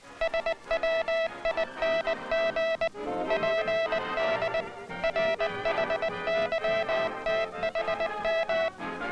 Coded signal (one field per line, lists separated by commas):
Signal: Morse code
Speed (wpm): 20 wpm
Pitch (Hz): 660 Hz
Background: music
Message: SWING PD RHYTHM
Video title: International Morse Code, Hand Sending